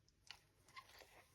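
A metal snap fastener is pressed together onto a fabric pouch tab to install it, with pressure applied until it is secure. A sharp snap is heard at 0.3 s, followed by softer clicks and rustling near 0.7–0.8 s. The snap is seated and secure.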